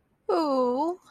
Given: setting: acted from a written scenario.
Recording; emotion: vocal sound without words; adoration